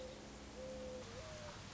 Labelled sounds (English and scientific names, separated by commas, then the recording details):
Mourning Dove (Zenaida macroura)
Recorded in Sonoma County, California